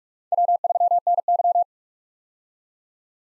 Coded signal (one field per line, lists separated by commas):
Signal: Morse code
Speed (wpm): 46 wpm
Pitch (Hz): 700 Hz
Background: none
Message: W3NY